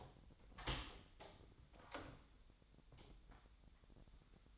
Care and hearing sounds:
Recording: daily activity, microphone in the room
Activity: open door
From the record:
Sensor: 3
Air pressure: 1007.2 hPa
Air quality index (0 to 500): 202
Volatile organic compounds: 17 ppm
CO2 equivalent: 2591 ppm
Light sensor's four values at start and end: 12/27/11/11 and 12/28/11/11

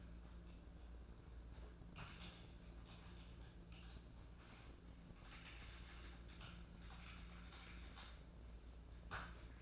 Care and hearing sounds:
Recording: daily activity, microphone in the room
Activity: typing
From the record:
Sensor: 2

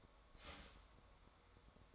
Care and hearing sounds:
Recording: daily activity, microphone in the room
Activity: start toaster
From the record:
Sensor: 3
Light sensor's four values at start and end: 4/11/4/4 and 4/10/4/4

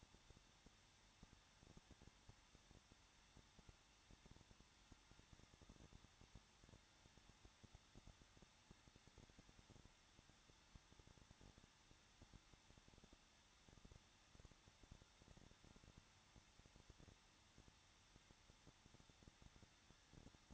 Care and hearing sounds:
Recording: daily activity, microphone in the room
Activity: no activity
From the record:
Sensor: 3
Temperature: 21.2 degrees Celsius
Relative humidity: 36.4%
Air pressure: 1006.2 hPa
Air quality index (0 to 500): 222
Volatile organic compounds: 41 ppm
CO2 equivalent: 3171 ppm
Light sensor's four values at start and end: 2/3/2/2 and 2/3/2/2

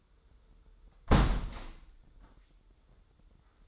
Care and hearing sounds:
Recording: daily activity, microphone in the room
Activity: close window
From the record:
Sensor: 3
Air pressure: 995.8 hPa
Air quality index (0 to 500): 92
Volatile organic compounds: 11 ppm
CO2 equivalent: 2278 ppm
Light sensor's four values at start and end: 28/83/35/30 and 27/82/34/30

